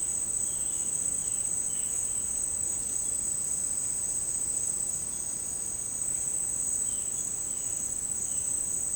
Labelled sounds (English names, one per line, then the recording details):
none
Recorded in secondary vegetation near Puerto Asís, Putumayo, Colombia, on 21 March 2025 at 10:30
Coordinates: 0.502, -76.326
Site G100